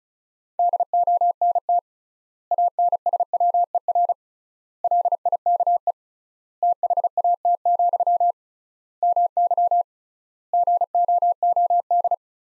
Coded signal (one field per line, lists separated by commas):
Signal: Morse code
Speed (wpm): 35 wpm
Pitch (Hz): 700 Hz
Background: none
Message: DONT ANSWER LIKE THAT, MY GOOD